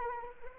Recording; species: mosquito wingbeat signal from an infrared sensor; Anopheles arabiensis